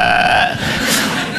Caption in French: Je faisais de l'apnée du sommeil. L'apnée du sommeil, c'est tout con, tu dors normalement, et va savoir pourquoi, à un moment donné, tu t'arrêtes de respirer. Et au bout de 5 à 6 secondes, tu fais...